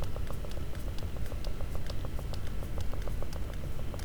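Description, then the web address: Sperm whale producing a steady train of sharp, evenly spaced clicks, several per second, over heavy, constant low underwater rumble. "Physeter Macrocephalus cachalot"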